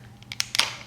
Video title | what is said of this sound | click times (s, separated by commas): Masters of the Universe - Extendar | and it locks into place and then the legs | 0.6 s